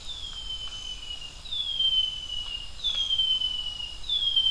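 Brown-headed greenlet calling with clear, drawn-out descending whistles, several in succession with short pauses between, against a soft background of insects.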